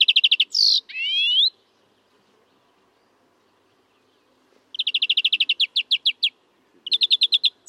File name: Chloris chloris